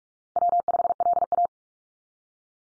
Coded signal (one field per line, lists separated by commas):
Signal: Morse code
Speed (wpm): 44 wpm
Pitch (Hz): 700 Hz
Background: none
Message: W5LA